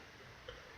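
A ribbon-cable connector on a Samsung Note 2 is pressed down onto its logic board socket during a screen replacement. A single short, sharp tick is heard at 0.5 s against a quiet, steady background. The connector clicks in and is seated.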